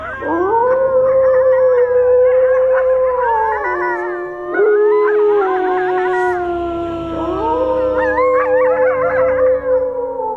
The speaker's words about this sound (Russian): Одно из животных запрокинуло морду и издало низкий скорбный вой. Этот собачий стон зазвучал по всему кладбищу, постепенно набирая силу. И другие звери присоединялись к нему, пока все вокруг не наполнилось их нестройным завывающим хором.